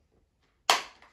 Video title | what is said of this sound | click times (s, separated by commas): Peg Perego John Deere Gator 12v | the rear lights so we just pop them in at an angle and just a small bit of force you'll hear it pop | 0.7 s